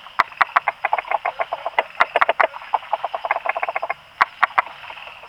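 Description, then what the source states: Frog calls, a rapid run of short clicking, croaking pulses in dense bursts, with a steady hiss running underneath. Recorded on 26 April 2020, between 18:00 and 20:00.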